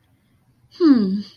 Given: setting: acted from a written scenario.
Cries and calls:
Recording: vocal sound without words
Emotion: neutral

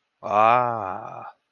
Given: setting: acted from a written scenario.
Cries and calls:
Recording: vocal sound without words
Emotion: interest

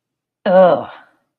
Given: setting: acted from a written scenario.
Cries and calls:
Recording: vocal sound without words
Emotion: disgust

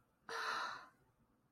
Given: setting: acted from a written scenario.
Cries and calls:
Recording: vocal sound without words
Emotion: awe

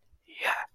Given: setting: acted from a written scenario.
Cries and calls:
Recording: vocal sound without words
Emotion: pride

